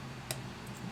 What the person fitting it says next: If you heard that click, that means it's right.